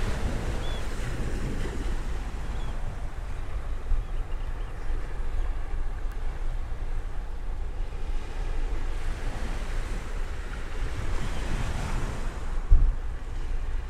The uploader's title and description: The Sound of the Beach. The rhythmic dance of waves and the gentle whispers of the beach